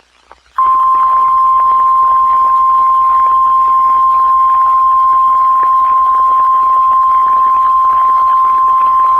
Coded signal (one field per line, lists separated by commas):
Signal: Emergency Alert System (SAME) tones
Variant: 1050 Hz attention tone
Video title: RWT (EAS# 89)